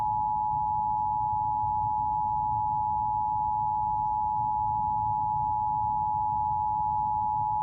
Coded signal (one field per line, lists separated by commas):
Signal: Emergency Alert System (SAME) tones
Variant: 853 and 960 Hz attention tone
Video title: EAS Capture 663-671 RWT and RMT